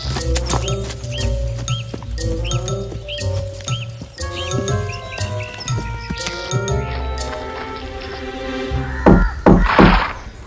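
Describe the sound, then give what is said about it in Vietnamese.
The hooves of a ridden horse clip-clop in a steady, even rhythm of sharp knocks, heard over a soft melodic background that swells near the end. “Vì anh phải đi xa nên anh ta cưỡi ngựa và chất toàn bộ số quần áo đó lên chú lừa.”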